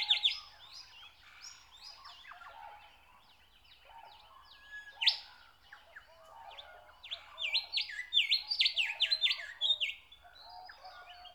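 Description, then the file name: Nightingale song with mixed whistled phrases, a sharp isolated note, then a loud stretch of rapid varied sweeps and chatter. "Nature Sounds - Song of the nightingale"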